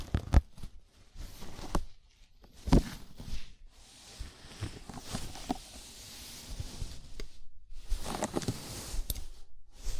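A scalp massage, heard as soft rustling and scratching of fingers moving through hair. The rubbing comes in bursts with brief quiet gaps, punctuated by sharper clicks and taps near the start, around three seconds, and again near nine seconds.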